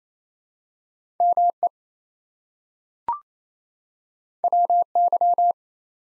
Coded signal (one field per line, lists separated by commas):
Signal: Morse code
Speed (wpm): 27 wpm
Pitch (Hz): 700 Hz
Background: none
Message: ME WY